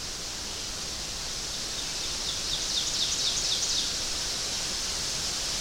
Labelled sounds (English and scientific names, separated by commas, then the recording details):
Ovenbird (Seiurus aurocapilla) song
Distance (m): 50 m
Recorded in boreal forest in Alberta, Canada, on 12 June 2016 at 05:57
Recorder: SongMeter 3, array SBT-3-18
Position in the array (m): 231 m, 89 m
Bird 31